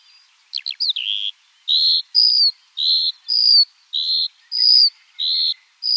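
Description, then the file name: Eurasian skylark song: a few quick thin notes, then evenly spaced high buzzy notes, some slurred downward, repeated without pause. Eurasian skylark singing in flight. "alouette des champs en vol"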